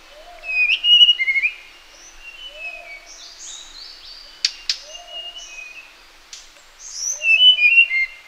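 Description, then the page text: Sulawesi blue flycatcher singing clear, high whistled notes that slide and fall, with a loud twittering burst at the start and end, plus softer lower whistles and a few clicks. "Sulawesi Blue Flycatcher Song. Quick Sounds"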